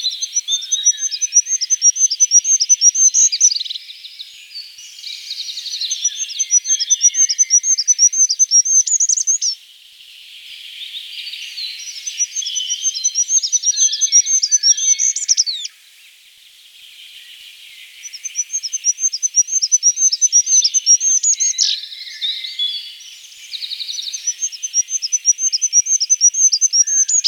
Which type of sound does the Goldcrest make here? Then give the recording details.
song. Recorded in the wild. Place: Kandel /Schwarzwald; Waldkirch, Baden-Württemberg, DE. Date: 1984-06-30. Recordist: Schwarz, Dieter